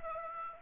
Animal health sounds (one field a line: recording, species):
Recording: mosquito wingbeat signal from an infrared sensor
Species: Aedes aegypti